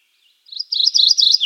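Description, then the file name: Mourning Warbler song: a burst of high rolling notes, a steady chattering sequence of repeated slurred syllables, and no other sound. "Geothlypis philadelphia - Mourning Warbler"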